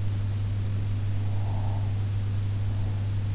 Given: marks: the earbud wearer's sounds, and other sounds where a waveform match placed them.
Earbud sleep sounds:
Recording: sounds in sleep by an in-ear microphone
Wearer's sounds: breath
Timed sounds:
1.37-3.03 s: breath

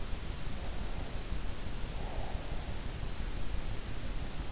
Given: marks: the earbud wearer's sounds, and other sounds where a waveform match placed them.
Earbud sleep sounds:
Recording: sounds in sleep by an in-ear microphone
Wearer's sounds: breath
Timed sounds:
1.60-3.17 s: breath

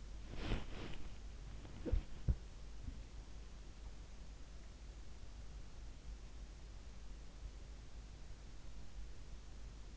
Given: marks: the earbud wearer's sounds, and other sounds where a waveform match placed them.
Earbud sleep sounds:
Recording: sounds in sleep by an in-ear microphone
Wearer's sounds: body movement, talking in sleep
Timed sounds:
0.00-1.22 s: body movement
1.85-2.68 s: talking in sleep

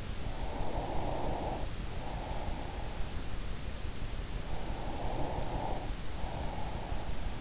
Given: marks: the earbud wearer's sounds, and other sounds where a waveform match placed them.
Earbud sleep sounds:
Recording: sounds in sleep by an in-ear microphone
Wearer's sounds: breath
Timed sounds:
0.03-3.31 s: breath
4.18-7.41 s: breath

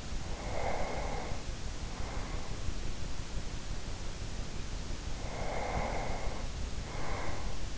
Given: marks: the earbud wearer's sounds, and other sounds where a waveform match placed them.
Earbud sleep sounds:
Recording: sounds in sleep by an in-ear microphone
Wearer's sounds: breath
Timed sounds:
0.32-2.84 s: breath
5.17-7.78 s: breath

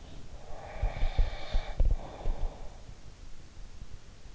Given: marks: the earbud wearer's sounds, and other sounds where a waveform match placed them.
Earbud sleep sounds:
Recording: sounds in sleep by an in-ear microphone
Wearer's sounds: breath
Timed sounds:
0.41-2.81 s: breath

